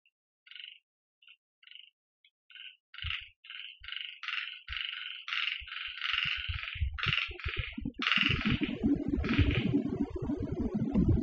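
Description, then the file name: Frogs calling in short nasal bursts that start sparse, then quicken into a dense run of repeated croaks, with low rumbling noise joining in near the end. On Okinawa. "Mikhail Iliatov - Okinawa Frogs"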